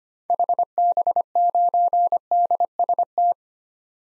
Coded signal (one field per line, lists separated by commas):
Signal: Morse code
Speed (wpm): 25 wpm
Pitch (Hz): 700 Hz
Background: none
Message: HB9DST